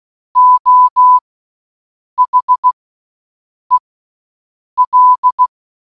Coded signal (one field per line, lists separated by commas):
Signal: Morse code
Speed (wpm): 16 wpm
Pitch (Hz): 1000 Hz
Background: none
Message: O HEL